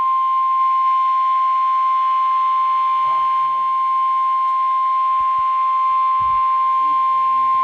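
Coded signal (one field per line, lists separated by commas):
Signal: Emergency Alert System (SAME) tones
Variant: 1050 Hz attention tone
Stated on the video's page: Alert test tones.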